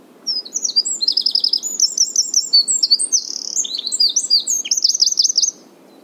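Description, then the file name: Eurasian wren song: a loud, rapid outpouring of high, sharp notes and fast buzzy trills lasting about five seconds. "Troglodytes troglodytes"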